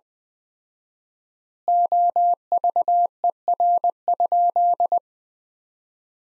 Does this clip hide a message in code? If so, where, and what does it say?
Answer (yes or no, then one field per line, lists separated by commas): yes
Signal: Morse code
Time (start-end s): 1.7-5.0 s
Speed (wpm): 20 wpm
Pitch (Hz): 700 Hz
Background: none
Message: OVER?